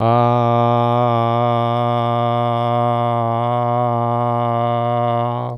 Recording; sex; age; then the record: sustained vowel /a/; male; 60 to 69 years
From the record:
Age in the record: 60 years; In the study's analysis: included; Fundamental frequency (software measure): 119 Hz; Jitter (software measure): 0.25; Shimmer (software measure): 0.85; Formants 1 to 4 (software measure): 687 Hz, 1149 Hz, 2154 Hz, 3021 Hz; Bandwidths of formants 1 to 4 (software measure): 98 Hz, 80 Hz, 179 Hz, 280 Hz